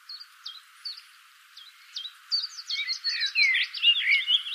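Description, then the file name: Common blackbird calls: spaced sharp chips that quicken into a dense, excited chatter of clipped notes over the last two seconds. "Turdus merula"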